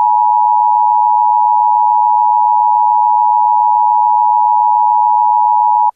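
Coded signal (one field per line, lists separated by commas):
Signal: Emergency Alert System (SAME) tones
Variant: 853 and 960 Hz attention tone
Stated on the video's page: Fictional Emergency Alert System scenario, not a real alert.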